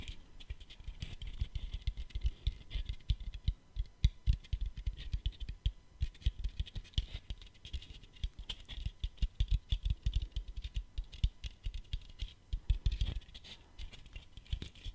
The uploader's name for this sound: Tapping No Talking